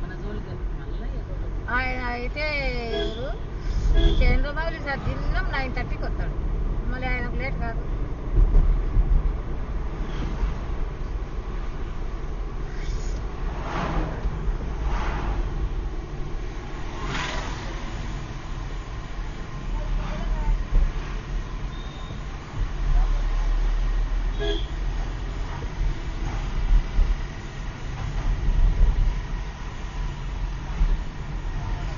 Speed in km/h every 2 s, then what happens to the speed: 38, 38, 46, 46, 51, 53, 46, 45, 40, 32, 32, 29, 34, 35, 27, 27.
0-10 speeds up to 53. 10-18 slows to 32. 18-32 steady at about 32.